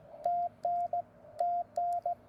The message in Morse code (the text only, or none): TN TN